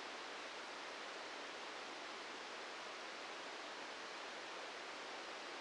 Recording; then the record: brain microelectrode recording played as sound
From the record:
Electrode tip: outside the subthalamic nucleus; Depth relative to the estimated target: 2 mm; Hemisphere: right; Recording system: NeuroSet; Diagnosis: Parkinson's disease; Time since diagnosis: 13 years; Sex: male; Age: 66 years